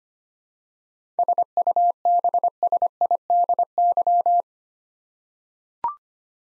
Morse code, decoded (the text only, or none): SUBSIDY